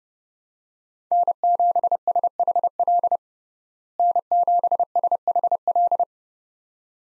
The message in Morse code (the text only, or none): N7SHL N7SHL